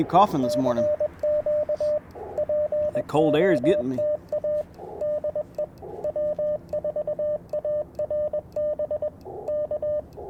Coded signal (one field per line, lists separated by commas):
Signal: Morse code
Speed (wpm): 21 wpm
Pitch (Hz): 600 Hz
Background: speech, radio noise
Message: E CQ POTA DE W4ARB K